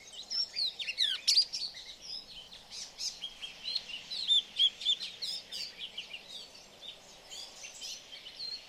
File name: angola swallow